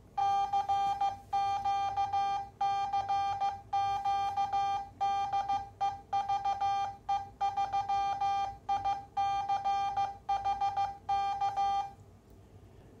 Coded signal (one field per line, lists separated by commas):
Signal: Morse code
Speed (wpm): 15 wpm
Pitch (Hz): 800 Hz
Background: none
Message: CQ CQ DE VE3ICHK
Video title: The Heathkit SA-5010 μMatic Memory Keyer